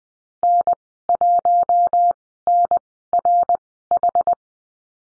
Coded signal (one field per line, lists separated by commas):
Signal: Morse code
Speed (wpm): 20 wpm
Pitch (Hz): 700 Hz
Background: none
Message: N1NRH